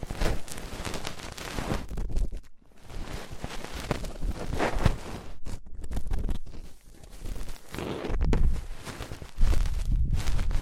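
Ear cleaning with dense, uneven scratching and rustling that comes in bursts, broken by short pauses near 2.5, 6.5 and 9.5 seconds.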